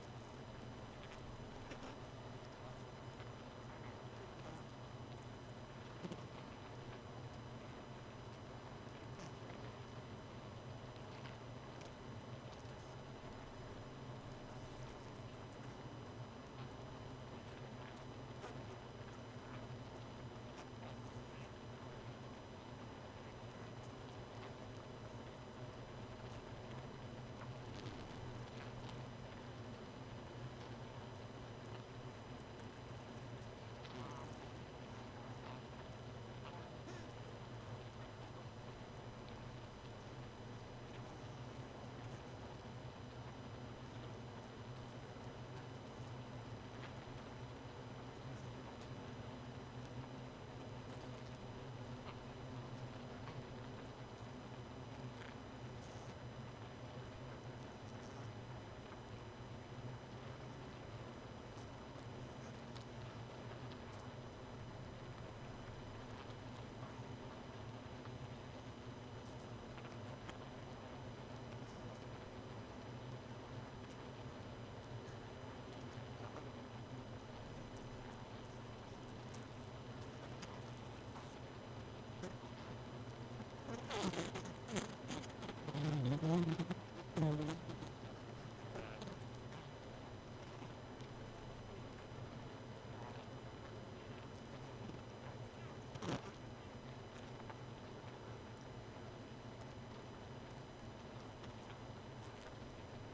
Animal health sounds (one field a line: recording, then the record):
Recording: honeybee colony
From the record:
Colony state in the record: missing queen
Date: 31 May 2018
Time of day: 1:01